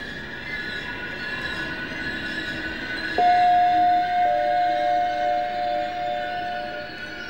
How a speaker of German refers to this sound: Als der Zug am Bahnhof Zoo hält, sieht er, wie der Mann mit dem steifen Hut aus einem anderen Abteilwagen aussteigt.